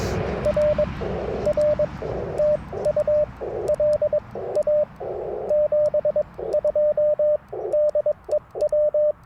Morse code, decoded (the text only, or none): R R TU LA 72 DE W